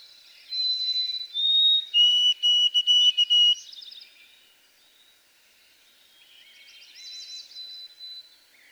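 White-throated sparrow song: clear whistled notes stepping slightly down, then a run of quick repeated whistles, followed by faint chirping in the background.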